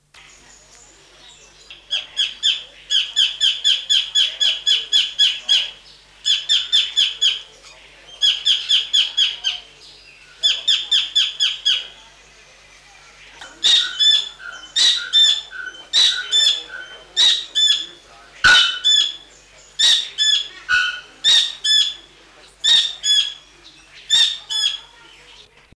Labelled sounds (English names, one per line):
Sacred Kingfisher call